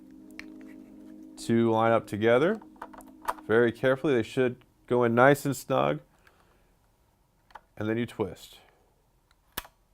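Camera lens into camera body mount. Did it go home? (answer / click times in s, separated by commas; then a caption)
yes / 9.6 s. Someone talks while a camera lens is lined up by its red dots with the camera body mount, pushed in snugly and twisted. The mount latch clicks at 9.6 s, and the lens seats home.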